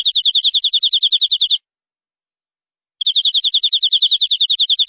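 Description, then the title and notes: Canary singing two rapid, evenly pulsed high trills separated by a pause of about one and a half seconds. "BM Suara Kenari. BM Suara Burung Kenari"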